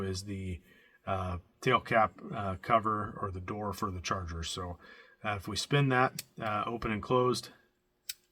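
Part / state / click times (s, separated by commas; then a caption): rotating port cover on a flashlight tail cap / seated / 8.1 s. Someone talks while the rotating tail-cap cover over the Type-C charging port on an Olight Seeker 4 black flashlight is spun open and closed. A short, sharp click is heard at 8.1 s as the cover seats into position and stays in place.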